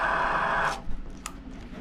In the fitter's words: you can hear it click right off